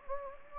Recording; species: mosquito wingbeat signal from an infrared sensor; Anopheles gambiae